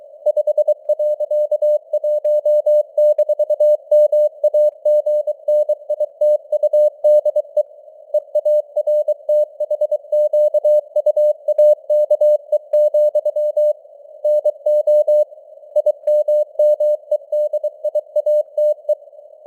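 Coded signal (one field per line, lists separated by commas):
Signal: Morse code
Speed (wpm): 23 wpm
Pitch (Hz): 600 Hz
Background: none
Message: 5.1-MAGNITUDE EARTHQUAKE, NO IMMEDIATE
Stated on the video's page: Morse news headlines at 23 wpm with simulated radio noise and varying signal strength (QSB).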